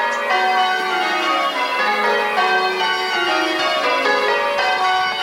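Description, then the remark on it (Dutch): Church bells in Ghent ring continuously in a loud, dense peal, overlapping tones sustaining and shifting throughout with no pauses, and no voices. “En hij kijkt uit het raam en terwijl de klokken bijen ziet hij hoe de als pauwen uitgedoste top van de Europese aristocratie door de Gentse straten zich begeeft naar de kerk van Sint-Baafsabdij.”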